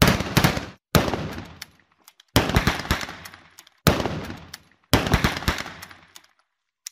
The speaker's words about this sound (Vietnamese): Cả 12 người lại cầm súng lên và ngắm, rồi người đội trưởng lại ra lệnh bắn thêm 3 lần nữa thẳng vào áo quan.